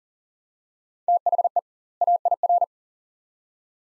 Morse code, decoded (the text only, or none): THE AIR